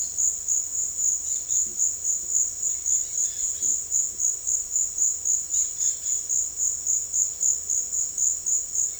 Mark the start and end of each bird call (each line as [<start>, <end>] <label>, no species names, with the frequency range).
[1.23, 1.66] bird call (1.8-5.4 kHz)
[2.68, 3.70] bird call (1.1-5.5 kHz)
[5.46, 6.22] bird call (1.0-5.4 kHz)